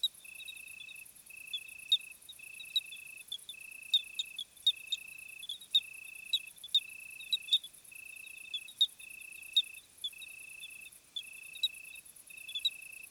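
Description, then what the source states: Crickets chirring at night, one steady buzzing trill in phrases of about a second with short gaps, a dense high shimmering chorus above and scattered sharp clicks. Summer night chorus, 26 July 2020 at 21:15, Plateau de Lesches-en-Diois; hot night; recorded with Nagra Seven and B&K omni microphone.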